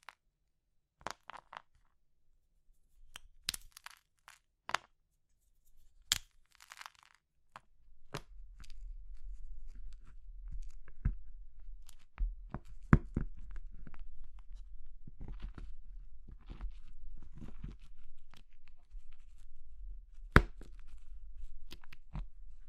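Sharp, brittle crushing snaps of soap, chalk or meringue, sparse at first, then crowding together over a steady low rumble after about eight seconds.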